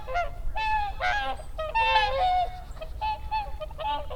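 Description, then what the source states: Whooper swan honks, several clear trumpeting notes with rich harmonics, some drawn out, given in quick succession by more than one bird over low rumble. Recorded 30 December 2009.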